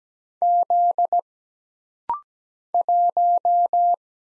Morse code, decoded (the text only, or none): Z 1